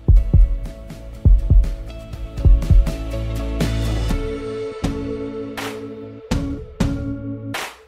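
Steady lub-dub heartbeat pairs at about 50 beats a minute over a music bed, fading into music.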